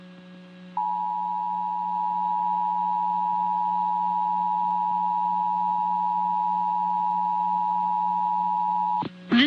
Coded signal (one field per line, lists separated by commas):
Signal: Emergency Alert System (SAME) tones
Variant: 853 and 960 Hz attention tone